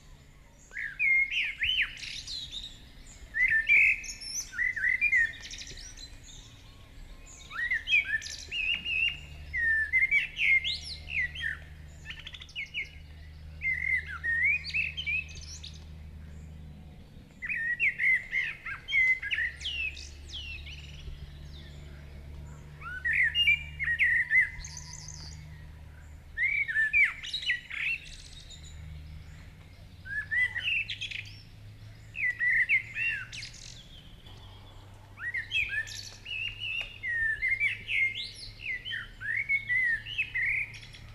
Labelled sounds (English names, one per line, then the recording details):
Common Blackbird song
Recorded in the wild
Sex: male
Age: adult
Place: Schielleitn, Stubenbergsee, Steiermark, AT
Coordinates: 47.2302, 14.2536
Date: 1971-06-16
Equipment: Uher 4100 Report-V
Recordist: Brunner, Thomas
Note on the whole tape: Zwischen den beiden Deichen am Schloss Schielleitn aufgenommen